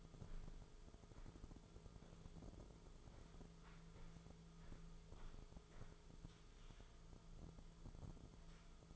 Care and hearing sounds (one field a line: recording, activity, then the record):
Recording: daily activity, microphone in the room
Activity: walk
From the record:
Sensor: 5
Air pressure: 1005.6 hPa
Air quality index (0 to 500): 93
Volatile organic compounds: 2 ppm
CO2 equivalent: 1129 ppm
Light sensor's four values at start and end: 33/76/30/29 and 33/77/31/29